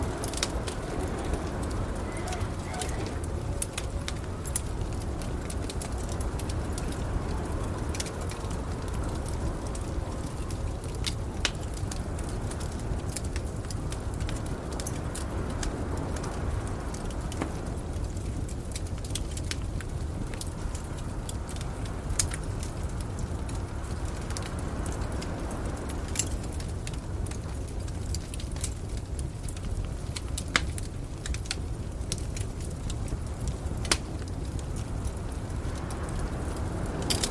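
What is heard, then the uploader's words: A fireplace burns with frequent sharp crackles and pops scattered throughout, some bright. Underneath, a steady low roar of wind holds constant for the whole stretch, dense and rumbling without breaks. Fireplace and Winter Storm Sounds. Relax by the fireplace as a cold winter wind blows outside.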